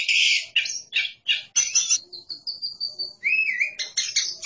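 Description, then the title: Oriental magpie-robin song with harsh, buzzy chattering bursts alternating with a long thin high whistle and a warbled lower phrase. "Suara Kicauan Burung Kacer"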